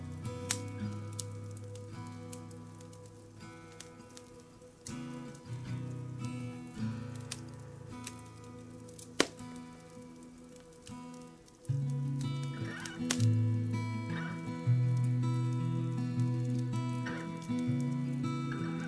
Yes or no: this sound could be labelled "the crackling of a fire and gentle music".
yes